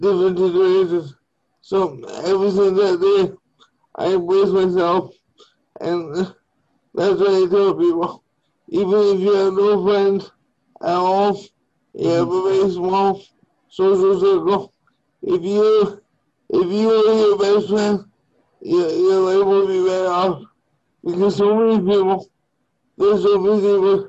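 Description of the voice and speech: A man who uses a wheelchair speaks slowly in short one-second bursts broken by frequent pauses, with drawn-out vowels and blurred, imprecise consonants. This is a speech impediment that reduces clarity and breaks speech into short phrases.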